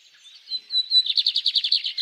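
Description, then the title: Bird song: high thin chirps that build into a fast, even trill of bright repeated notes in the final second. At dawn. "Pássaros Cantando No Amanhecer"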